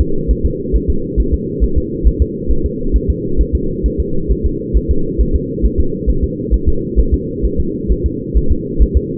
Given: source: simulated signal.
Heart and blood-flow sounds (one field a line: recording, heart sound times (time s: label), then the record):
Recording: fetal heart sounds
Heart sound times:
0.01 s: S2
0.31 s: S1
0.46 s: S2
0.76 s: S1
0.90 s: S2
1.20 s: S1
1.34 s: S2
1.64 s: S1
1.78 s: S2
2.07 s: S1
2.22 s: S2
2.51 s: S1
2.66 s: S2
2.96 s: S1
3.10 s: S2
3.41 s: S1
3.55 s: S2
3.86 s: S1
4.00 s: S2
4.31 s: S1
4.46 s: S2
4.77 s: S1
4.91 s: S2
5.21 s: S1
5.36 s: S2
5.65 s: S1
5.80 s: S2
6.10 s: S1
6.24 s: S2
6.54 s: S1
6.69 s: S2
6.99 s: S1
7.14 s: S2
7.45 s: S1
7.60 s: S2
7.92 s: S1
8.06 s: S2
8.37 s: S1
8.52 s: S2
8.82 s: S1
8.97 s: S2
From the record:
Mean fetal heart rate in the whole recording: 135 bpm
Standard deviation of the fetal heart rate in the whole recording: 3 bpm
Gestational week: 34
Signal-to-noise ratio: -8.1 dB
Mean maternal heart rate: 72 bpm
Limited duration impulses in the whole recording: absent